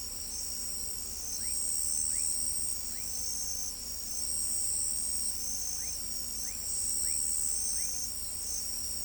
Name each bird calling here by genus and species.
none